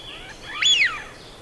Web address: Голоса птиц Свиязь